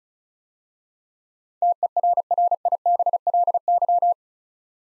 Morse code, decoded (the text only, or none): TERRIBLY